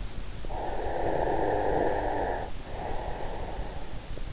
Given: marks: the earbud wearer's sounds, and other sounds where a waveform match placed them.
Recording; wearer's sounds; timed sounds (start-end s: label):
sounds in sleep by an in-ear microphone; breath
0.30-4.02 s: breath